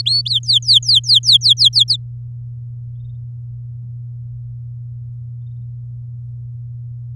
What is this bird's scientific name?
Serinus canaria